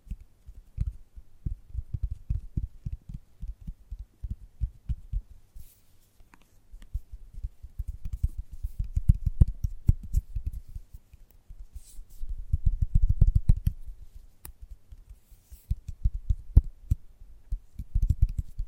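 Gentle tapping, soft low thuds in quick irregular clusters with brief pauses, plus faint clicks and occasional higher ticks throughout.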